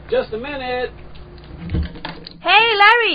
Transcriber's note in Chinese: Door opening